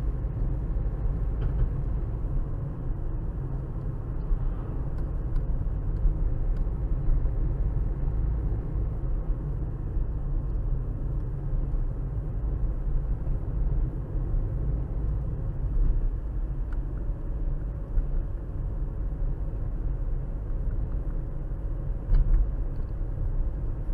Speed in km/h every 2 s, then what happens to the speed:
52, 53, 52, 52, 53, 52, 50, 52, 52, 48, 48, 48.
0-24 steady at about 52.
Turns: 15-24.